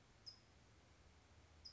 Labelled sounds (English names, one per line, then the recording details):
California Towhee
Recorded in Sonoma County, California